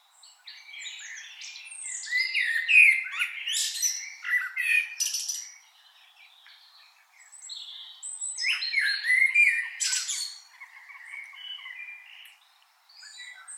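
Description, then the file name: Common blackbird song in two bursts, each a tangle of warbled notes and shrill high twitters, separated by a brief quieter gap. "Turdus merula"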